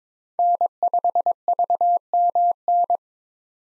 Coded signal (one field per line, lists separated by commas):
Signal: Morse code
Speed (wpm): 22 wpm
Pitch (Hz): 700 Hz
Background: none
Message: N5VMN